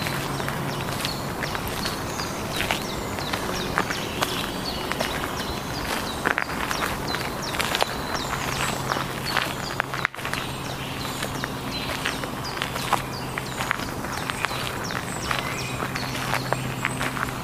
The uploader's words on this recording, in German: Ein Soundwalk am Ludwigsteich bei Roßdorf. Genauer gesagt handelt es sich um den Ludwigsteich bei Roßdorf, der an einem warmen Tag die Leichtigkeit des Sommers verkörpert.